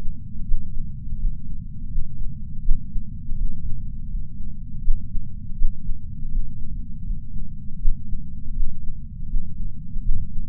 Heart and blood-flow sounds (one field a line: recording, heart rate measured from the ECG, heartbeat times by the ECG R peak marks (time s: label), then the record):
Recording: heart sounds by patch sensor on the chest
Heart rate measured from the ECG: 81 bpm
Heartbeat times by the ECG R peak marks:
0.46 s: heartbeat
1.18 s: heartbeat
1.89 s: heartbeat
2.63 s: heartbeat
3.36 s: heartbeat
4.08 s: heartbeat
4.82 s: heartbeat
5.56 s: heartbeat
6.30 s: heartbeat
7.04 s: heartbeat
7.80 s: heartbeat
8.55 s: heartbeat
9.28 s: heartbeat
10.03 s: heartbeat
From the record:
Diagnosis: coronary artery disease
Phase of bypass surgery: postoperative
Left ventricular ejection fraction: 54.4%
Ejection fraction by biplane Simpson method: 44%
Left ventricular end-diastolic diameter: 43 mm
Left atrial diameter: 34 mm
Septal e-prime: 5 cm/s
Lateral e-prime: 5.3 cm/s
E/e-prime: 15.7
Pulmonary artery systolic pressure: 21 mmHg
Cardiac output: 4.9 L/min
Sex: female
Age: 70 years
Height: 152 cm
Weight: 65 kg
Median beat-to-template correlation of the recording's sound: 0.82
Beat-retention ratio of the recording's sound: 0.98